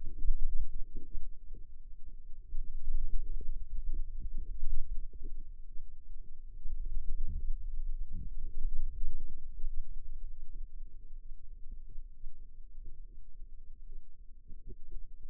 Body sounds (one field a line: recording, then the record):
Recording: forearm muscle sounds (acoustic myography)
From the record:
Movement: radial deviation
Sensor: system 2, bracelet of six BSWA MPA416 microphones around the upper forearm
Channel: 2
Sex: female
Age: 22 years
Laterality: right